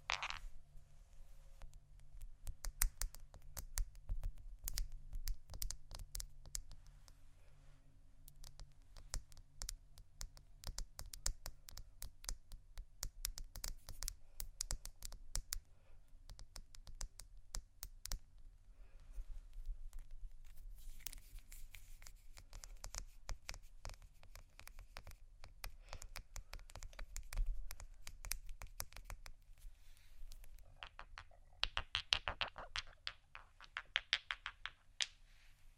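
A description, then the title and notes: Crystals and quartz pieces are handled, giving a dense, irregular stream of small clicks and taps, much like fast typing, that never stops. A low steady hum runs underneath. Brighter, busier clatter comes around twenty seconds and again near thirty-two. ASMR Prisms, Crystals, Diamonds', Quartz (No Talking).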